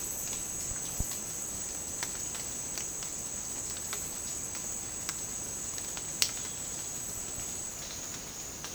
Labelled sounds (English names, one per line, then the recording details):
none
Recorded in secondary vegetation near Puerto Asís, Putumayo, Colombia, on 25 June 2025 at 14:30
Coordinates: 0.484, -76.319
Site G074